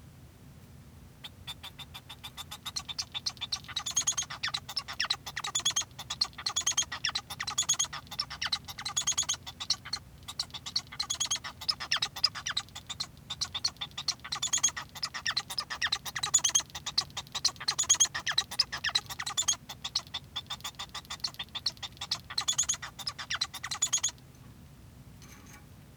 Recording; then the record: song of a male Bengalese finch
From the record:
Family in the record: son of father 1